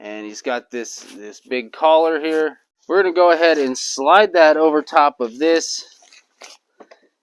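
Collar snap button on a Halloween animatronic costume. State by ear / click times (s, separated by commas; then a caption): seated / 6.4 s. Someone talks while sliding the big collar of a 2021 Home Depot Headless Horseman Halloween animatronic costume over its metal neck bar, which has old chain over top. After the talking stops, a few small handling sounds follow, and the collar's snap button snaps shut at 6.4 s, seating the collar in place.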